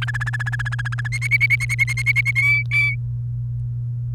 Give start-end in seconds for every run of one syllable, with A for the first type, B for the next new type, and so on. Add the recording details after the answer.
0.02-1.08 A, 1.12-2.31 B, 2.36-2.95 C. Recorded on 29 April 2018 at 06:19. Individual llb3